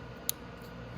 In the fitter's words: until it clicks, and do the same with all of them.